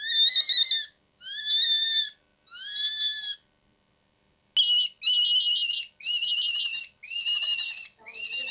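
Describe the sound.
Cottontail rabbit distress screams: loud, harsh, wavering high cries about a second long, three, then a pause, then several more in quicker succession.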